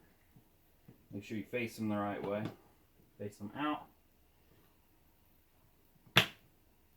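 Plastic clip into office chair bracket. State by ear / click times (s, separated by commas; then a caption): seated / 6.2 s. A plastic clip, turned to face outward, is pushed into the metal bracket of a Serta Smart Layers Jennings Super Task Big and Tall office chair in Black/Slate. Someone talks, and then the clip snaps in with a single sharp click at 6.2 s, showing that it has seated.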